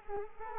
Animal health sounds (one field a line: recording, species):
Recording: mosquito wingbeat signal from an infrared sensor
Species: Culex quinquefasciatus